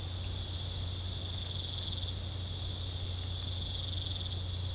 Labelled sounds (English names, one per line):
none